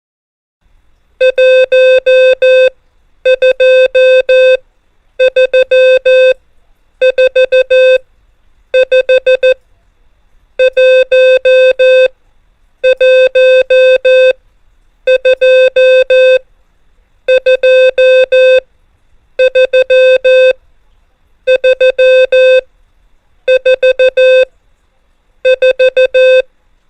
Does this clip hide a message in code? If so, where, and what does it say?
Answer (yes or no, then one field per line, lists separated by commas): yes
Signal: Morse code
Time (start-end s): 1.2-26.4 s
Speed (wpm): 14 wpm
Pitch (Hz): 520 Hz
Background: music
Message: 1 2 3 4 5 1 1 2 2 3 3 4 4